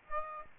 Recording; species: mosquito wingbeat signal from an infrared sensor; Aedes aegypti